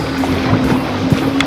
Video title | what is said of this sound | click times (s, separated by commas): Another 4-3-3 Day on Blue Marlin Gold Coast - Murphys Law & Larva Lures 17th March 2012 | hear that click we're back on and it can be ready to go back out with a different head on | 1.4 s